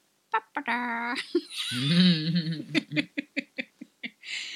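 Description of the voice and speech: An adult imitates a boy's first vocal tic: brief clipped syllables, then a drawn-out warbling vocal sound, followed by laughter.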